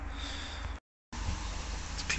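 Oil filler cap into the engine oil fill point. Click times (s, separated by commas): 2.1 s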